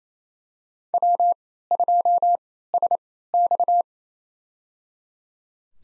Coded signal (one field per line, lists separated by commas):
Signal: Morse code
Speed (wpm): 27 wpm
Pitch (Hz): 700 Hz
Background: none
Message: W2SX